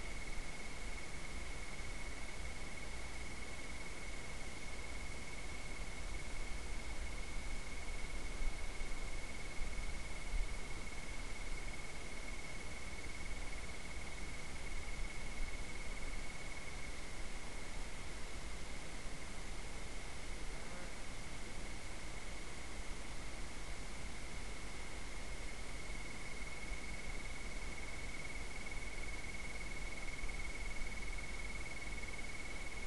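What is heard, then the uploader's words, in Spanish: Ambient sound of desert scrubland, heard as a steady, dense hiss that fills the whole recording without change. A thin, constant high whine runs through it, likely an insect, over a faint low rumble that sounds like wind. Escucha el sonido ambiental del Matorral desértico micrófilo.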